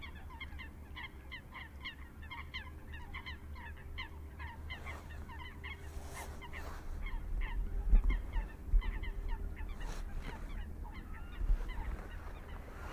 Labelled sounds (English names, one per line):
Eurasian Coot